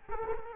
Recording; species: mosquito wingbeat signal from an infrared sensor; Culex quinquefasciatus